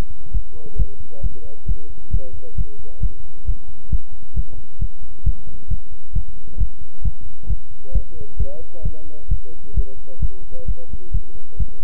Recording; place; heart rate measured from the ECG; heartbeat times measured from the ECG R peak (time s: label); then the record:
heart sounds by stethoscope; between the tricuspid and mitral areas; 133 bpm
0.31 s: heartbeat
0.76 s: heartbeat
1.21 s: heartbeat
1.66 s: heartbeat
2.11 s: heartbeat
2.55 s: heartbeat
3.00 s: heartbeat
3.45 s: heartbeat
3.89 s: heartbeat
4.34 s: heartbeat
4.79 s: heartbeat
5.24 s: heartbeat
5.68 s: heartbeat
6.13 s: heartbeat
6.58 s: heartbeat
7.02 s: heartbeat
7.47 s: heartbeat
7.92 s: heartbeat
8.37 s: heartbeat
8.83 s: heartbeat
9.28 s: heartbeat
9.74 s: heartbeat
10.19 s: heartbeat
10.66 s: heartbeat
11.11 s: heartbeat
11.57 s: heartbeat
From the record:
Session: pedaling a stationary bicycle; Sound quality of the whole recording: good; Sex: male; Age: 24 years